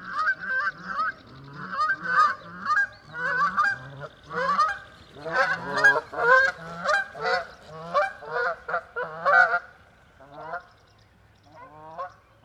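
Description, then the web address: Canada goose honks: loud repeated nasal calls from several birds in a rapid uneven series, fading to a few scattered honks at the end. "cantos gansocanadiense"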